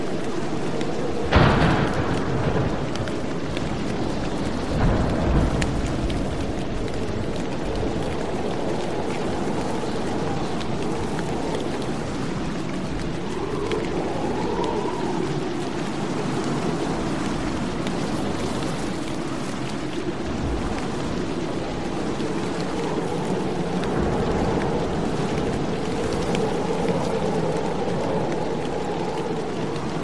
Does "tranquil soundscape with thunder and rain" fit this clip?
yes